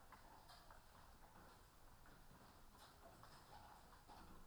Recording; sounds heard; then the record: poultry house recording; healthy chickens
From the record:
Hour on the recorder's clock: 13